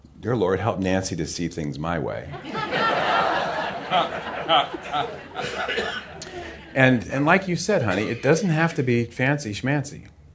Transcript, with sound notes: “Dear Lord, help Nancy to see things my way.” (laughter) And, like you said, Honey, it doesn’t have to be fancy schmancy.